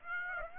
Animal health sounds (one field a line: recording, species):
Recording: mosquito wingbeat signal from an infrared sensor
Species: Aedes aegypti